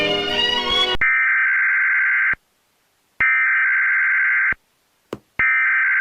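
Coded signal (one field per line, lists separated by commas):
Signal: Emergency Alert System (SAME) tones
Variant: header bursts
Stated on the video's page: Fictional EAS scenario made as analog horror.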